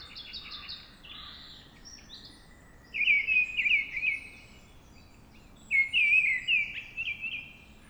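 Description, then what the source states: Mistle Thrush song, two bold whistled phrases of wavering notes separated by a pause, over a background chorus of high chirping birds. Singing at dawn.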